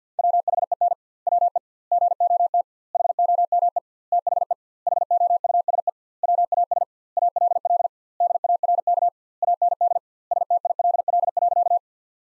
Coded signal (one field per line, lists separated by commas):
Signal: Morse code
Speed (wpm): 50 wpm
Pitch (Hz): 700 Hz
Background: none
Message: WHEN WE GOT HOME THE HOUSE WAS ALL DARK AND STILL.